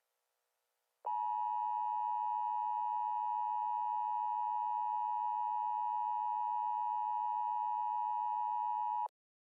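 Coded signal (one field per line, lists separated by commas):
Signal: Emergency Alert System (SAME) tones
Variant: 853 and 960 Hz attention tone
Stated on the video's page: Fictional Emergency Alert System scenario for a Honolulu tsunami; a simulated alert, not real.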